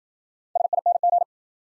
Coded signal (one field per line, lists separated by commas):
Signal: Morse code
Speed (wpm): 52 wpm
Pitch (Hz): 700 Hz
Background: none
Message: SING